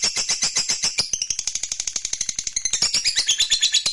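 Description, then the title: Lovebird with a rapid, shrill ngekek trill, pulsing quickly, the pitch shifting slightly midway. Fighter lovebird giving a long ngekek trill. "Begitu Dengar Suara Lovebird FIGHTER NGEKEK PANJANG"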